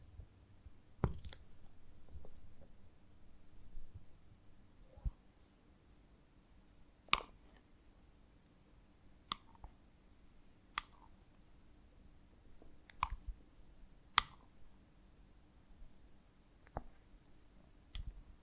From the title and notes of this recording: ASMR of a Honeycomb on Branch (No Talking).